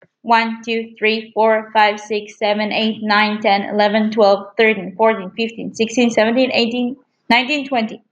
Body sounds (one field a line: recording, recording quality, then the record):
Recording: counting at a fast pace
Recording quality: excellent, no background noise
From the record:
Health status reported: healthy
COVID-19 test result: not tested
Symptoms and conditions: none ticked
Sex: female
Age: 18 years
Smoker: not ticked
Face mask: not worn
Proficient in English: no